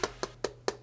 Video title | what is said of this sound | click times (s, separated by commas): 7 MUST HAVE CASES for the Samsung Galaxy Tab S8! | that the tablet just snaps right into | 0.4 s, 0.7 s